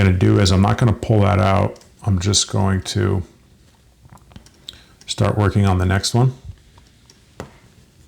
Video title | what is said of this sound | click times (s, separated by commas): Sizing a Rolex Datejust 126300 Mint Green for a client - VLOG 16 | you heard it pop right there it was pretty tight | 7.4 s